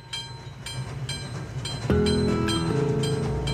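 A steam train rumbles along with a steady, rhythmic chugging beat, and about halfway through a loud, sustained whistle sounds and holds over the running noise to the end.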